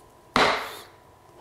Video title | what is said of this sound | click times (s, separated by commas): How to Install Vinyl Flooring , Laminate Flooring and Hardwood | so that's down there's a gap now listen that's a click lock okay | 0.4 s